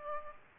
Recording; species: mosquito wingbeat signal from an infrared sensor; Aedes aegypti